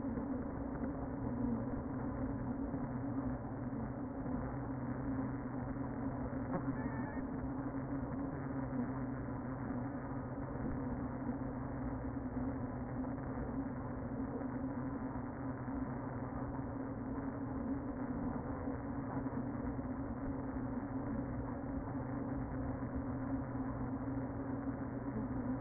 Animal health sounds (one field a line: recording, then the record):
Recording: honeybee colony, microphone inside the hive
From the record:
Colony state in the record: queen present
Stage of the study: before two queens were removed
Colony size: about 60,000 bees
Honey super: yes